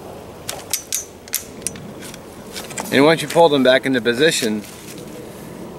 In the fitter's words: And once you pull them back into position, you may have heard it, it'll just click back in.